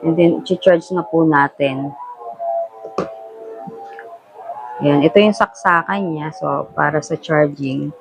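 A charging cable plug is handled at the charging port of a JISULIFE Life10S handheld fan while someone talks. Brief sharp sounds occur around 3.0 s and 4.0 s, but nothing has seated or clicked yet.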